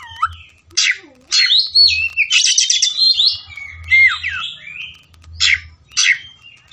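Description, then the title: Oriental magpie-robin song of buzzy chatters, bright whistled notes and sharp bursts spaced throughout, with intermittent low hum beneath. Kacer fighting song (ngotot, full tembakan), meant to make a kacer fight within minutes. "Kacer Langsung Tarung Konslet KACER NGOTOT FULL TEMBAKAN"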